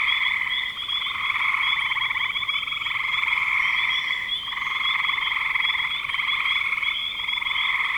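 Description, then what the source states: Frogs calling in a dense chorus, layered pulsed trills forming steady bands with a few brief dips. Recorded in spring 2025.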